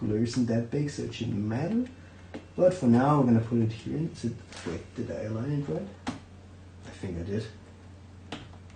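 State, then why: Seated. A RAM module is pushed into a motherboard memory slot while someone talks. A sharp snap is heard at 8.3 s as the retention clip locks, confirming the stick is seated.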